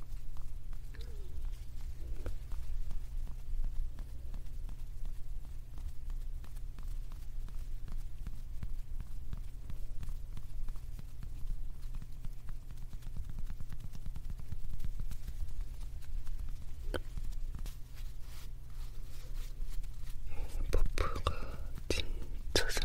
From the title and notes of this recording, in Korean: ASMR 클리오 퍼프 , 파우치 소리 가득.